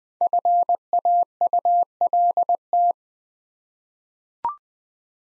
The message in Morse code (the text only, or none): FAULT